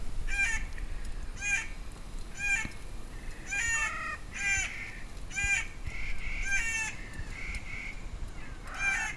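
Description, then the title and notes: Clark's nutcracker harsh, nasal, grating calls repeated in a steady series, several birds overlapping and answering one another with rasping, mewing notes. Family cluster counter-singing 'cat calls', recorded in July at 2500 m in Eagle Cap Wilderness, Oregon; the birds depend on Whitebark pine seeds for food and spread the pines' seeds. "family cluster of Clark's nutcrackers (Nucifraga columbiana), at 2500 m., recorded last July in the Eagle Cap Wilderness, OR. These are their counter-singing "cat calls,""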